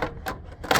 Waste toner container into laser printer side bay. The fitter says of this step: insert the base toner back until it clicks